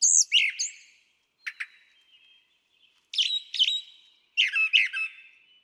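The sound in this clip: Brown Thrasher song with a few spaced phrases: high slurred notes, a pair of sharp chips, then doubled scratchy figures.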